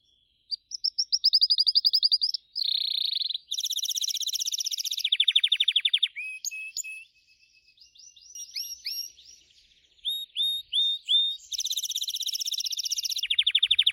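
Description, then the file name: Gloster canary song: rolling trills and buzzy tours alternating with quicker chip phrases, with a brief quieter stretch in the middle. "canto do canario gloster"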